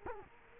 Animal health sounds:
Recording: mosquito wingbeat signal from an infrared sensor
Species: Culex quinquefasciatus

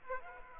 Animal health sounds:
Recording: mosquito wingbeat signal from an infrared sensor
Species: Aedes aegypti

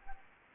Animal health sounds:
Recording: mosquito wingbeat signal from an infrared sensor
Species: Anopheles gambiae

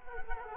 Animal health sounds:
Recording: mosquito wingbeat signal from an infrared sensor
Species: Culex quinquefasciatus

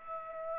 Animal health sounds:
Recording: mosquito wingbeat signal from an infrared sensor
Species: Aedes aegypti

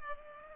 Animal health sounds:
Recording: mosquito wingbeat signal from an infrared sensor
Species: Culex pipiens

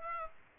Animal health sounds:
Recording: mosquito wingbeat signal from an infrared sensor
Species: Aedes aegypti

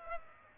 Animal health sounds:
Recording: mosquito wingbeat signal from an infrared sensor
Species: Aedes aegypti

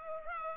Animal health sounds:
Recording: mosquito wingbeat signal from an infrared sensor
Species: Culex pipiens

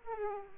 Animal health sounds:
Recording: mosquito wingbeat signal from an infrared sensor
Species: Aedes aegypti

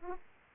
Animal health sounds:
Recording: mosquito wingbeat signal from an infrared sensor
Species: Aedes aegypti

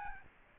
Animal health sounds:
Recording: mosquito wingbeat signal from an infrared sensor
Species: Aedes albopictus

